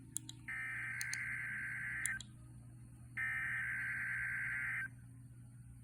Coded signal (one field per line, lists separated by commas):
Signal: Emergency Alert System (SAME) tones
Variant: header bursts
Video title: RWT EAS 256 (11/27/24)